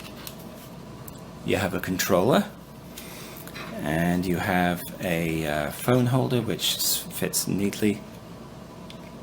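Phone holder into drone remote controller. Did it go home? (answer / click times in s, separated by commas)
yes / 8.9 s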